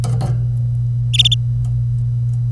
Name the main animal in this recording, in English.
Domestic Canary